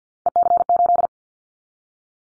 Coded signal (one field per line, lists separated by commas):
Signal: Morse code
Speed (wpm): 48 wpm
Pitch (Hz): 700 Hz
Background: none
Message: EC8